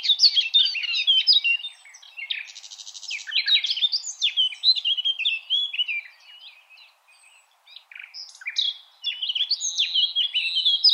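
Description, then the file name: Common nightingale in rich, varied song: loud whistles, chirps and a buzzy rattle run almost continuously, with a brief pause before the phrases resume. "Luscinia megarhynchos"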